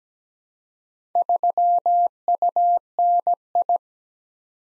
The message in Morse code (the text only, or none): 3UNI